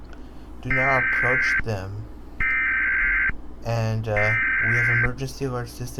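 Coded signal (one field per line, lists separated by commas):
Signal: Emergency Alert System (SAME) tones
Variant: header bursts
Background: speech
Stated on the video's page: Fictional mock alert scenario made with editing software and text-to-speech; entirely fake.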